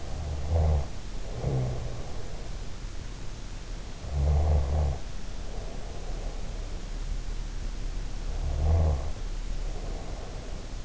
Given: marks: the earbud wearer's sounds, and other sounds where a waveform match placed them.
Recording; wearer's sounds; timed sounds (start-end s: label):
sounds in sleep by an in-ear microphone; snoring breath
0.00-2.19 s: snoring breath
4.10-6.91 s: snoring breath
8.43-10.85 s: snoring breath